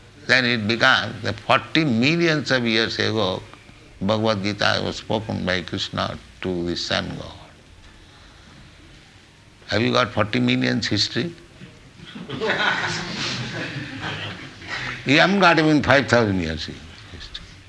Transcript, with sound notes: then it becomes that forty millions of years ago Bhagavad-gītā was spoken by Kṛṣṇa to the sun-god. Have you got forty millions' history? [laughter] You haven't got even five thousand years' even history.